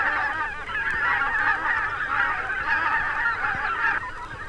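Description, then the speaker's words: Greater white-fronted goose: greater white-fronted geese clamouring as a flock, many high laughing honks merging into one dense, unbroken chorus that eases slightly near the end. Thousands-strong flocks flying over a river island. "Какой гвалт! Это тысячные стаи белолобых гусей носятся над речным островом."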